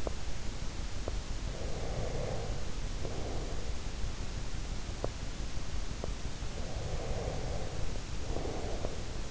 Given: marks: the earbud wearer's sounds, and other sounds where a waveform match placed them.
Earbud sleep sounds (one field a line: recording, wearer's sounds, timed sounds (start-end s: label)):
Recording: sounds in sleep by an in-ear microphone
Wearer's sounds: teeth grinding, breath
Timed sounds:
0.03-0.24 s: teeth grinding
0.98-1.22 s: teeth grinding
1.53-3.70 s: breath
4.83-5.30 s: teeth grinding
5.86-6.17 s: teeth grinding
6.43-9.31 s: breath